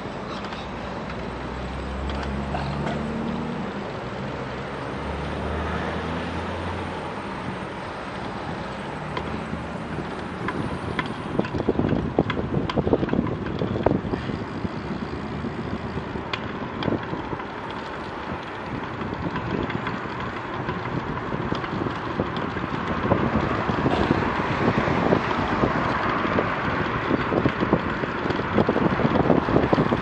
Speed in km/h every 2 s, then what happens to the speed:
10, 8, 10, 13, 17, 20, 22, 21, 22, 23, 25, 26, 27, 29, 30.
0-5 steady at about 10. 5-30 speeds up to 30.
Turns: 10-14.